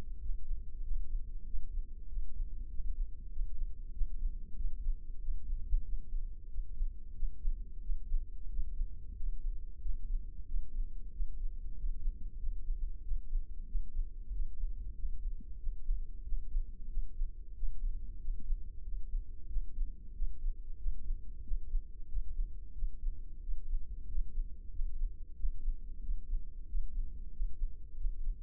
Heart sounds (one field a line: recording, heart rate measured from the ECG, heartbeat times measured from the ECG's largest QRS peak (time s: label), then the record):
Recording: heart sounds by microphone in the left ear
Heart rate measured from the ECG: 93 bpm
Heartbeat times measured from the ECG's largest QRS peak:
0.23 s: heartbeat
0.85 s: heartbeat
1.47 s: heartbeat
2.10 s: heartbeat
2.72 s: heartbeat
3.33 s: heartbeat
3.95 s: heartbeat
4.58 s: heartbeat
5.22 s: heartbeat
5.86 s: heartbeat
6.51 s: heartbeat
7.16 s: heartbeat
7.83 s: heartbeat
8.51 s: heartbeat
9.17 s: heartbeat
9.83 s: heartbeat
10.48 s: heartbeat
11.14 s: heartbeat
11.77 s: heartbeat
12.40 s: heartbeat
13.05 s: heartbeat
13.68 s: heartbeat
14.33 s: heartbeat
14.97 s: heartbeat
15.60 s: heartbeat
16.26 s: heartbeat
16.91 s: heartbeat
17.57 s: heartbeat
18.22 s: heartbeat
18.86 s: heartbeat
19.50 s: heartbeat
20.15 s: heartbeat
20.80 s: heartbeat
21.45 s: heartbeat
22.10 s: heartbeat
22.76 s: heartbeat
23.42 s: heartbeat
24.09 s: heartbeat
24.73 s: heartbeat
25.37 s: heartbeat
26.02 s: heartbeat
26.68 s: heartbeat
27.33 s: heartbeat
27.98 s: heartbeat
From the record:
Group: healthy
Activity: rest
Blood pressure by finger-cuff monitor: 153/75 mmHg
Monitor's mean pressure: 95 mmHg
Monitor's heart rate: 92 bpm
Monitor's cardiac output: 8.5 L/min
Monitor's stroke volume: 90 mL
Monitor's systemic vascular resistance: 830 dyn s/cm5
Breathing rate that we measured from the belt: 19 breaths a minute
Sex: male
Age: 21 years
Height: 175 cm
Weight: 72.6 kg